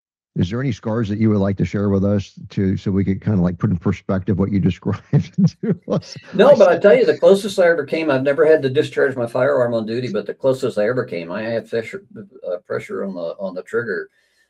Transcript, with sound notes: is there any scars that you would like to share with us to... so we could kind of, like, put in perspective what you described to us? (laughs)
No. But I tell you, the closest I ever came, I've never had to discharge my firearm on duty, but the closest I ever came, I had fess- uh, pressure on the, on the trigger,